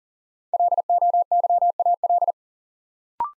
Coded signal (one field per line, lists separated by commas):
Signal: Morse code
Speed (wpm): 36 wpm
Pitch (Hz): 700 Hz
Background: none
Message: LOYAL